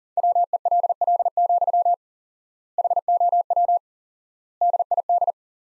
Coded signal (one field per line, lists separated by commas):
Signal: Morse code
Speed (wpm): 37 wpm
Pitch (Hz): 700 Hz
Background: none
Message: WELL, HOW DID